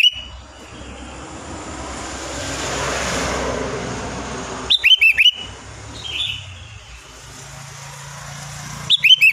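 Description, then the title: Sooty-headed bulbul song, a crisp phrase of four lilting whistles, with a second phrase beginning just at the end, over a soft background of traffic. "Kutilang"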